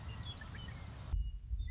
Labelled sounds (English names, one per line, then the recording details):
Western Meadowlark
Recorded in Sonoma County, California